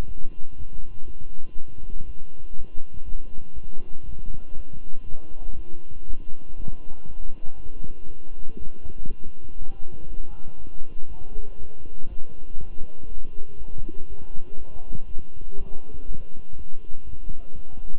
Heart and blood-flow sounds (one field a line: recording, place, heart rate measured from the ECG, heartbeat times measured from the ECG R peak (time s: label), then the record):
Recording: heart sounds by stethoscope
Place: between the tricuspid and mitral areas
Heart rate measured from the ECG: 120 bpm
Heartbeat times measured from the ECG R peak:
0.07 s: heartbeat
0.56 s: heartbeat
1.06 s: heartbeat
1.55 s: heartbeat
2.05 s: heartbeat
2.55 s: heartbeat
3.05 s: heartbeat
3.54 s: heartbeat
4.05 s: heartbeat
4.55 s: heartbeat
5.05 s: heartbeat
5.55 s: heartbeat
6.05 s: heartbeat
6.56 s: heartbeat
7.06 s: heartbeat
7.56 s: heartbeat
8.07 s: heartbeat
8.57 s: heartbeat
9.07 s: heartbeat
9.57 s: heartbeat
10.08 s: heartbeat
10.58 s: heartbeat
11.08 s: heartbeat
11.58 s: heartbeat
12.08 s: heartbeat
12.59 s: heartbeat
13.08 s: heartbeat
13.58 s: heartbeat
14.08 s: heartbeat
14.57 s: heartbeat
15.07 s: heartbeat
15.57 s: heartbeat
16.06 s: heartbeat
16.56 s: heartbeat
17.05 s: heartbeat
17.55 s: heartbeat
From the record:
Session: walking at 3.7 km/h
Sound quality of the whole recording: good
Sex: male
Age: 23 years